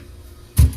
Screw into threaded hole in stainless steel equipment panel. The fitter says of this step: when you hear it click that means your thread's lined up